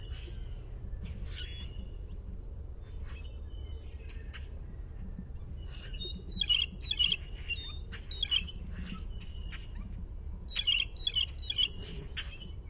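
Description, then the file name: Blue jay calling in clusters of squeaky, creaking notes with thin whistled tones, several bursts spread throughout above constant low rumble. Blue jay pumphandle call. "BLJA pumphandle"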